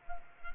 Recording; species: mosquito wingbeat signal from an infrared sensor; Culex quinquefasciatus